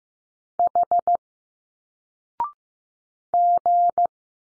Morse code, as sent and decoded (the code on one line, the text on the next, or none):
.... / --.
H G